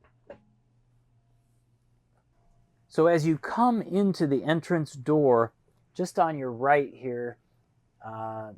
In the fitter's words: and it will automatically lock into place.